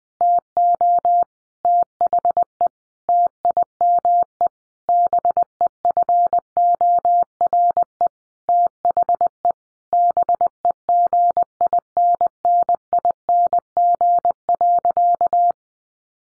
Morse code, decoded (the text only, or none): TO THE TIME BEFORE THE BEGINNING.